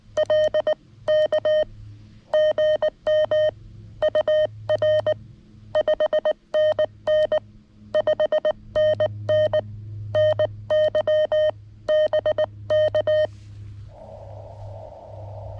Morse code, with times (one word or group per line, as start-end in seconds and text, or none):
0.2-1.6 LK
2.3-3.5 GM
4.0-5.1 UR
5.8-7.4 5NN
7.9-9.6 5NN
10.2-11.5 NY
11.9-13.3 BK